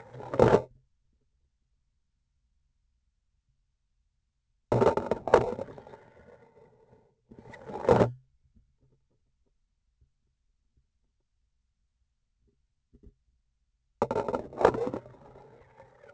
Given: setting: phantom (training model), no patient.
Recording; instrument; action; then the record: laparoscopic instrument, vibration sensor on the handle end; grasping forceps; insertion and removal through the trocar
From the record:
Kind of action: spatial motion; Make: other than Olympus